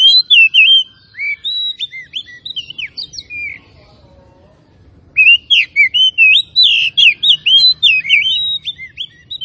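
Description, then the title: Oriental magpie-robin song: rich, fast run of sweet whistled notes with slurred up-and-down inflections, a pause of about two seconds, then another lively burst of varied whistles. Labelled Tretes; described with the Indonesian bird-keeping term gacor, meaning singing actively. "Kacer Tretes Gacor"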